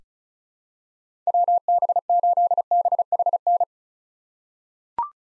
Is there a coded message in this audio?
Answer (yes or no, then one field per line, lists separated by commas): yes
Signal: Morse code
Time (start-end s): 1.3-3.6 s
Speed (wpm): 36 wpm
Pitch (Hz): 700 Hz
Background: none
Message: WB8BHN